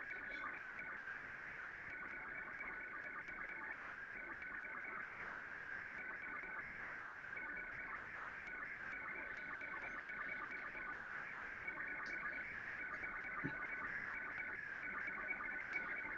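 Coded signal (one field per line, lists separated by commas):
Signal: SSTV (slow-scan television)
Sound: smeared warbling tone hovering around 1.5-2.3 kHz, steady through the clip, with faint clicks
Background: radio static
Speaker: Some radio amateurs here who have the slow scan television in their phones have been able to decode the image just by using the iPhone and recording the sound returning.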